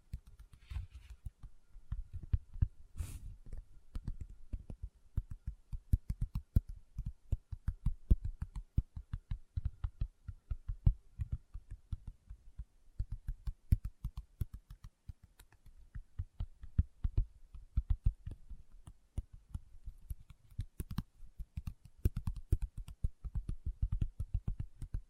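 Close-up paper handling, heard as a dense, irregular run of soft low thumps and rubs that continues for the whole clip with brief lulls. Near the three-second mark a single sharp, bright crinkle stands out. Faint higher scratchy ticks surface now and then.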